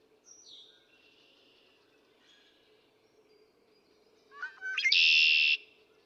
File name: Red-winged Blackbird